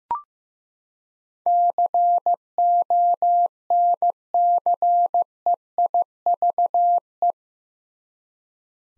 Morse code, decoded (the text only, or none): CONCEIVE